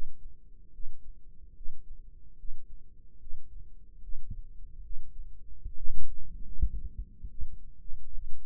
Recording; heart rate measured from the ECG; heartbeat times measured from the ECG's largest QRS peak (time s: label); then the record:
heart sounds by microphone in the left ear; 73 bpm
0.72 s: heartbeat
1.55 s: heartbeat
2.37 s: heartbeat
3.19 s: heartbeat
4.01 s: heartbeat
4.82 s: heartbeat
5.64 s: heartbeat
6.44 s: heartbeat
7.29 s: heartbeat
8.12 s: heartbeat
From the record:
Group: healthy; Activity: breath hold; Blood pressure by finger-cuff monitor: 132/81 mmHg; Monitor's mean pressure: 96 mmHg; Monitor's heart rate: 73 bpm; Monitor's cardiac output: 5.5 L/min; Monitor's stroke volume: 76 mL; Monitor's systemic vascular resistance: 1280 dyn s/cm5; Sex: female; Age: 37 years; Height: 168 cm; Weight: 70 kg